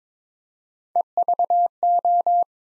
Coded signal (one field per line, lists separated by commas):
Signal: Morse code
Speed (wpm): 22 wpm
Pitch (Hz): 700 Hz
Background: none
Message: EVO